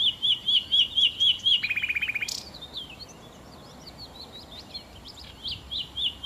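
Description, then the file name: Common nightingale song: a run of rapid repeated whistled notes, then a fast dry trill, a sharp click, and softer varied warbled phrases afterwards. "Nachtigall"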